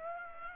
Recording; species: mosquito wingbeat signal from an infrared sensor; Aedes aegypti